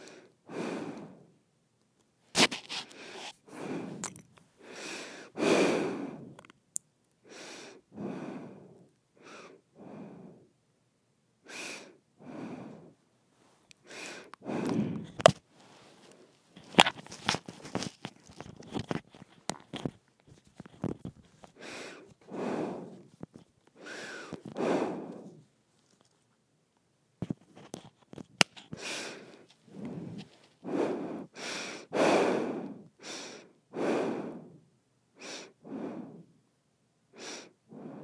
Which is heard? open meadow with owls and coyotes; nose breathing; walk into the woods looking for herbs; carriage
nose breathing